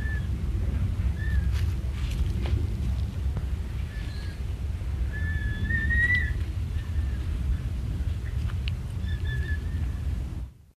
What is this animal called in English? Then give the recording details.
Emu. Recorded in captivity. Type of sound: call. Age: juvenile. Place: Ruhr-Zoo Gelsenkirchen, DE. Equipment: Halbspur, 9,5 cm/s. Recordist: Lütgens, Hans. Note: 9-monatig, im Ruhrzoo